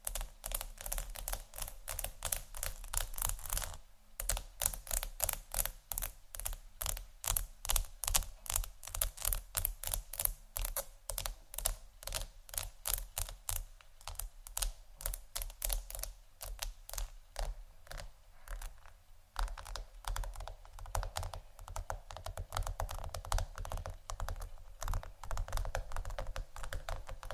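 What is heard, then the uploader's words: Quick tapping and scratching on textured surfaces, a dense run of sharp clicks that sound much like typing. The pace is fast and fairly regular, with brief pauses near four and nineteen seconds, and the taps turn lighter and more scattered toward the end. ASMR Scratch & Tap On Tingly Textures（No Talking）.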